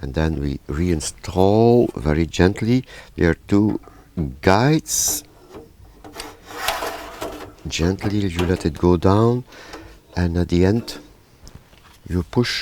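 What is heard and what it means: An optional memory board is lowered gently along its two guide rails into a slot in an AV-HS6000 video switcher mainframe while someone talks. Soft rubbing and sliding of the board in the guides is heard between the speech, and nothing has seated or clicked yet.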